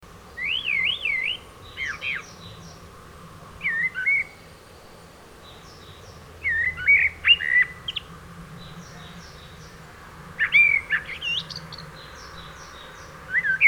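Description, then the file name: Common blackbird delivering several varied phrases of rich whistled notes, several ending in thin, high squeaky twitters. "Turdus merula"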